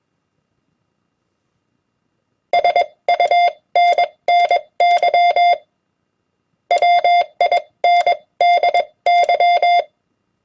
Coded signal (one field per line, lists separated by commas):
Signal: Morse code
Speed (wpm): 21 wpm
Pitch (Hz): 700 Hz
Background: none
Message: SUNNY WINDY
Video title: Morse Code HamWords @20 wpm